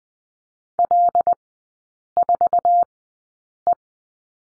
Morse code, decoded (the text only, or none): L 4 E